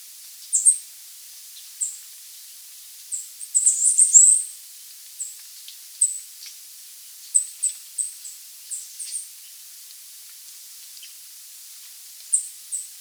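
Bird calls: very high, thin, short notes given singly and in quick clusters at uneven intervals, with a busier burst of notes near the fourth second.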